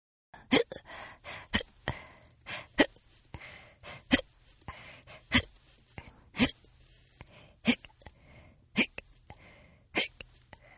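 An adult woman hiccupping repeatedly: a series of sharp, abrupt hiccups with soft breathy sounds in between.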